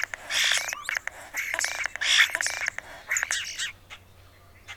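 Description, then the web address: European starling pouring out wheezy, rattling phrases and bright whistled notes, trailing off into brief clicks near the end. "Songs of Birds of North America Know Your Bird Sounds Common Western Species. European Starling"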